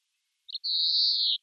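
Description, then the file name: European greenfinch uttering a single flat, buzzy, drawn-out wheeze lasting under a second, preceded by a tiny clipped note; nothing else audible. "Chloris chloris"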